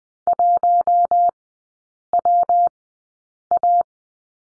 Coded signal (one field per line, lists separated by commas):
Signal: Morse code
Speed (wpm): 20 wpm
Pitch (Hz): 700 Hz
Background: none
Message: 1WA